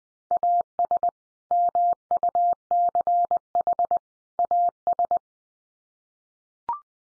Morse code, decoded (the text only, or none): AS MUCH AS